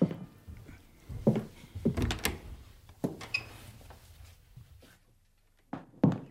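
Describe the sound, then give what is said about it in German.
A door is opened with a series of knocks, clicks and creaky scrapes, a handle rattle and a soft thud, trailing into quiet before two final sharp clacks. “Na, dann wollen wir doch mal sehen, was sich hinter dieser Tür hier befindet.”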